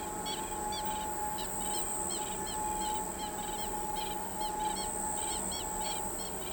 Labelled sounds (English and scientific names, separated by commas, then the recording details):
Southern Lapwing (Vanellus chilensis)
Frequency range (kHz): Southern Lapwing (Vanellus chilensis) 2.2-7.2 kHz
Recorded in pastures near Pivijay, Magdalena, Colombia, on 15 April 2023 at 00:30
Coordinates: 10.456, -74.369
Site P6-G026